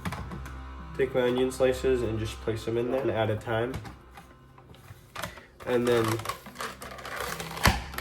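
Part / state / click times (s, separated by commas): hinged lid of a manual vegetable chopper pressed onto its cutting grid / seated / 7.7 s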